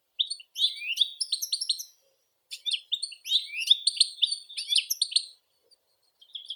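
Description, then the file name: European goldfinch song in two phrases of fast, bright twittering and buzzy slurred notes with a short break. "Golosa ptic - CSHegol Carduelis carduelis"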